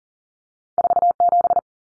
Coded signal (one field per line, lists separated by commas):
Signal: Morse code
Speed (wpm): 40 wpm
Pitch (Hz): 700 Hz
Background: none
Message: 47